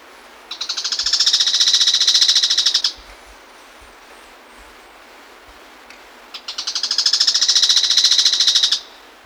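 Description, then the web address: Flammulated treehunter delivering a long, rapid, dry rattling trill, swelling then stopping, given twice several seconds apart. Recorded in Ecuador. "Birds of Ecuador 2. Flammulated Treehunter"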